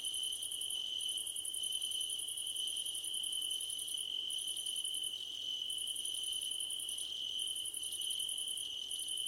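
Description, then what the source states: Crickets chirping in a steady high trill, with a continuous high whine underneath and pulsed chorus bursts that pause briefly every few seconds. Crickets at night under a starlit sky, nighttime ambience.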